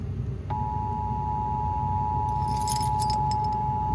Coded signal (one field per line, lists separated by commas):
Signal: Emergency Alert System (SAME) tones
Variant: 853 and 960 Hz attention tone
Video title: EAS #31 - AM/FM Severe Thunderstorm Warning